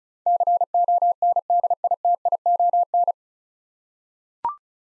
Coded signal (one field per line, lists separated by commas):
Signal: Morse code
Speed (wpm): 34 wpm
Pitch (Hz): 700 Hz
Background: none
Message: CONDITION